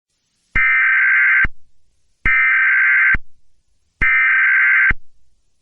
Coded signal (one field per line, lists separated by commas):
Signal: Emergency Alert System (SAME) tones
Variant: header bursts